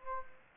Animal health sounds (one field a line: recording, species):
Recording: mosquito wingbeat signal from an infrared sensor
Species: Culex quinquefasciatus